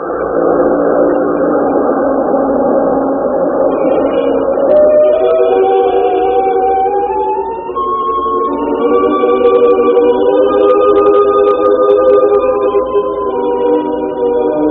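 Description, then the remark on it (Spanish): A small plane's engine drones steadily and loudly throughout, its pitch climbing in a couple of smooth steps partway through as it lands at an airport, with no voices. “Minutos más, la pequeña avioneta tripulada por Calimán tomó tierra.”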